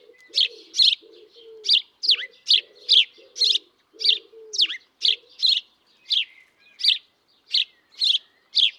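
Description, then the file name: House sparrow chirping, sharp repeated chirps about twice a second, with low, soft tonal sounds underneath during the first half. "Passer domesticus"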